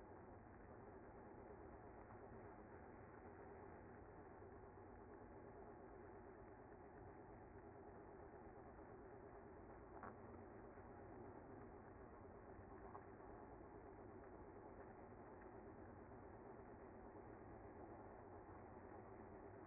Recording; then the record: honeybee colony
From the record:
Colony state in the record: active